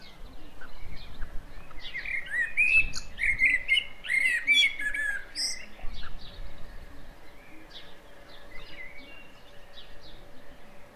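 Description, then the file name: Common blackbird delivering several fluty warbling phrases followed by shrill high twitters, then fading to faint notes over a low steady hum. "Turdus merula"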